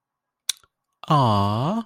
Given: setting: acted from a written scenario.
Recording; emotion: vocal sound without words; adoration